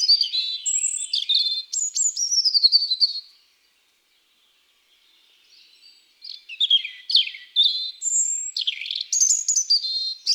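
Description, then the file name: European robin song in two long, varied phrases of liquid whistles, squeaks and fast trills, with a short silent gap between them. "Rougegorge familier"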